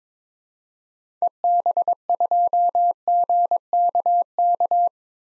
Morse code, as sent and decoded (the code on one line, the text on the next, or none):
. -... ..--- --. -.- -.-
EB2GKK